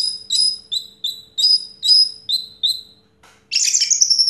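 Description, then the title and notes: Orange-headed thrush giving a rapid series of short, high, sharp whistled notes, then a sudden burst of dense scratchy twittering. Anis merah song in the 'teler' style, with a clear voice; part of a complete collection of its sounds. "Anis Merah Teler Suara Jernih. suara anis merah"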